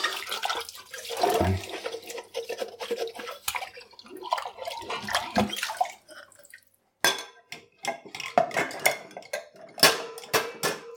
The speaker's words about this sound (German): Ah, da ist noch ein Glas. Ich glaube, dann muss ich mich auch erstmal ganz abtrocknen machen, bevor ich hier weiter abwaschen kann.